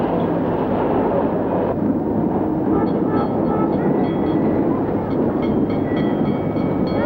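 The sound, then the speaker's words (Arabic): An electric tram rolls along its rails with a steady, loud rumble, joined partway through by thin, high-pitched metallic squeals and whining tones that flicker on and off. “ومن السائق والسيارة للترام.”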